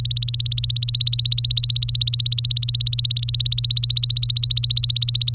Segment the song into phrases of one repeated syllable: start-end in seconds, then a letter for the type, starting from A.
0.00-5.34 A